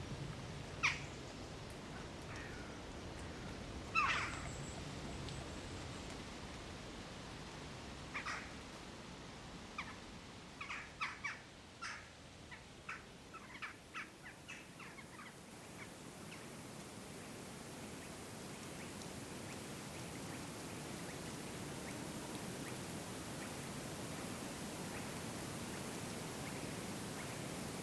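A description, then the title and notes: Woodland atmosphere with a steady low murmur underneath and scattered bird calls on top. Sharp, bright chirps come near the start and around four seconds, then a quick run of short notes between ten and fourteen seconds before the calls thin into the hush. MAFX001 Woodland Atmosphere 1.1 Demo. 5 more GB of recordings from forests in Sweden, Romania and Scotland. Thrush Nightingale, Redwing, Willow Tit, Tawny Owl, Song Thrush.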